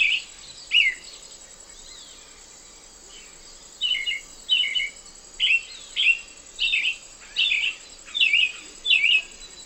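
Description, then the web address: Black-billed thrush song: a few scattered notes, then a steady series of short descending warbled phrases about three every two seconds, with a thin insect whine throughout. Eastern lowlands of South America. "Natures Songs S America Eastern Lowlands. Black-billed Thrush"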